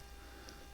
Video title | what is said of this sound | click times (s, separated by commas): CUT THE CONFUSION! KNIFE CARE MASTER CLASS MEMBERSHIP Free sample! Benchmade OTF Shootout reassembly | until it clicks and there you go so there's your two Springs in there | 0.5 s